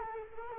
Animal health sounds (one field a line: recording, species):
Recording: mosquito wingbeat signal from an infrared sensor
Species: Culex quinquefasciatus